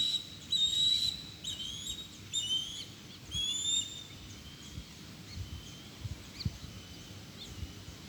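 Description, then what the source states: Osprey giving high, rising whistled notes in a quick run that fades after a few seconds, leaving faint hiss and low rumble. Subspecies Pandion haliaetus cristatus.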